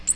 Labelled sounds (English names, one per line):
Magnolia Warbler flight call